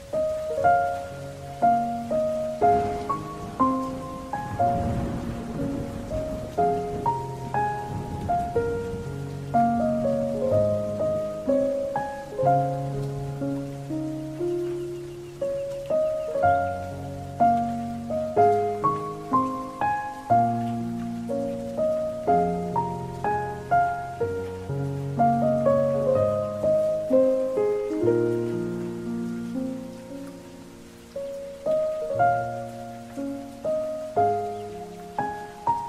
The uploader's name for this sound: Sad Piano & Soft Rain